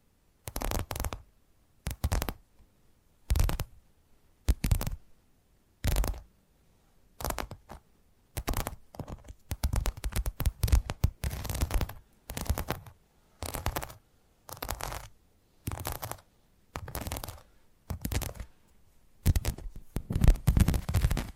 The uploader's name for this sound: Addictive Tapping Triggers